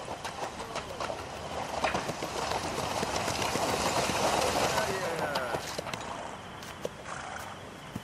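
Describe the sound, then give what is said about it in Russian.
Hooves of an approaching horse-drawn cab clip-clop in a steady, brisk rhythm in a foggy forest at dusk, over a rumbling, hissing background, swelling louder toward the middle before easing slightly. “В тумане показываются 2 тусклых огня приближающейся пролетки.”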